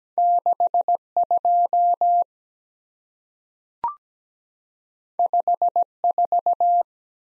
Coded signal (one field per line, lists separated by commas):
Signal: Morse code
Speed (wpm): 17 wpm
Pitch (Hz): 700 Hz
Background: none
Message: 6 2 5 4